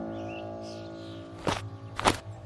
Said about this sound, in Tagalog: Habang papasok kami sa loob, ay may narinig kaming yabag na parang may kumaripas ng takbo. Dinig na dinig namin ni Lola ang mga yabag nito sa sahig.